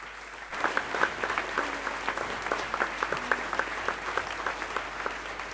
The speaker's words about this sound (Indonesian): Segala kemuliaan kembali kepada Allah. Amin. Berikan sekali lagi tepuk tangan untuk Tuhan kita.